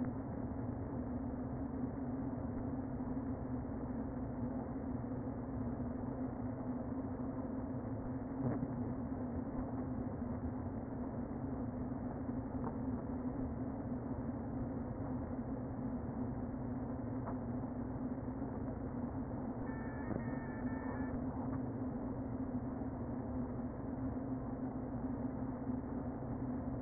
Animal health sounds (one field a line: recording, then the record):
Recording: honeybee colony, microphone inside the hive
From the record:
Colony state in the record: queen present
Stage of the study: before two queens were removed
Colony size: about 60,000 bees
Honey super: yes